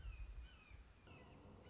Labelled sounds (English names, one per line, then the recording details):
Red-shouldered Hawk
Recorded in Sonoma County, California